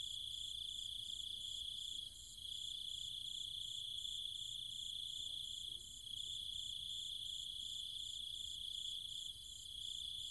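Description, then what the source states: Cicadas droning in a constant high shrill note overlaid by a rapid pulsing buzz, the insect chorus dipping briefly a few times. Cicadas and other insects calling at night in trees and fields, Chiang Mai, Thailand, countryside.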